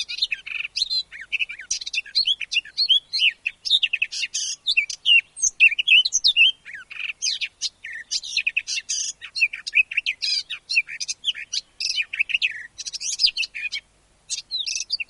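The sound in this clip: Eurasian blackcap singing a long rambling warble of rapid scratchy twitters mixed with clear whistles, running almost unbroken before a brief pause near the end.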